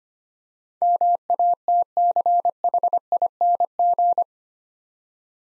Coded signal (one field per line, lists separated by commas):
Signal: Morse code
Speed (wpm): 25 wpm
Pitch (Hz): 700 Hz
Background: none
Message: MATCHING